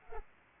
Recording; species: mosquito wingbeat signal from an infrared sensor; Culex pipiens